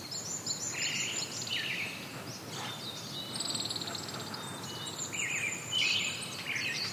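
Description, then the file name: Brown-headed thrush sings short warbling phrases, with a busy background of high chirps, whistles and buzzy notes. "akahara"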